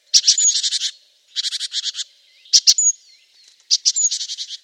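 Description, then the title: Great tit giving harsh, buzzy chattering bursts, each a rapid run of several notes, with thin high whistles mixed in. "Great Tit (Parus major)"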